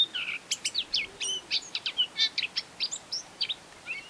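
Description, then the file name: Eurasian blackcap singing a fast, scratchy warble of varied high chirps and short slurred whistles, delivered almost continuously with brief gaps, over a quiet background. "Sylvia atricapilla"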